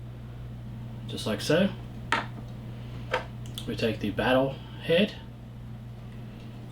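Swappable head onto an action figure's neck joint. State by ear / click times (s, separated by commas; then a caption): not seated / none. Someone talks while handling the alternate battle head for a plastic articulated DLX scale Bumblebee action figure, bringing it toward the figure's neck joint. Short handling taps are heard, the sharpest around 2.1 s and 3.1 s. Nothing has seated or clicked yet.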